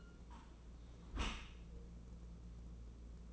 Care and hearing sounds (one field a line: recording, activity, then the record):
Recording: daily activity, microphone in the room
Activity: close dishwasher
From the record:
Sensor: 1